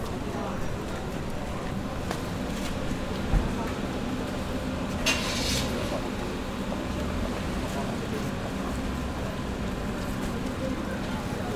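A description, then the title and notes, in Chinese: A busy stretch of Nishiki Market in Kyoto, filled with an unbroken murmur of many voices talking at once. The low crowd din stays steady throughout, broken by brief brighter clatters and scrapes around two and five seconds, with faint footsteps and bustle underneath. 京都锦市场。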